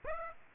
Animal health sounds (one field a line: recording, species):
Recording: mosquito wingbeat signal from an infrared sensor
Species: Aedes aegypti